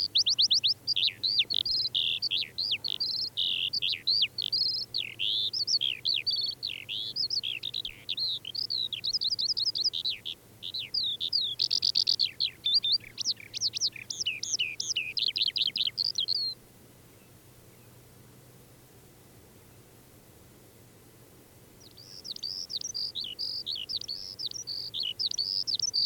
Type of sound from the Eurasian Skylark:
song